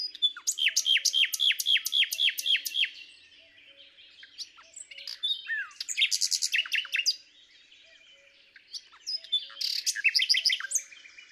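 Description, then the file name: Common nightingale singing: a run of loud, evenly spaced downslurred notes, then jumbled chattering phrases, with pauses between bursts. "Luscinia megarhynchos"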